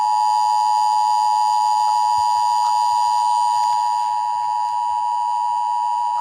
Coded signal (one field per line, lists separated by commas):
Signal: Emergency Alert System (SAME) tones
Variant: 853 and 960 Hz attention tone